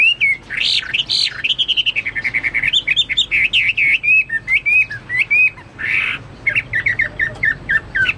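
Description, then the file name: Chinese hwamei song: continuous loud, varied whistles and quick trilled phrases, broken by a brief harsh burst near the end, with faint low hum. "omkicau hwamei"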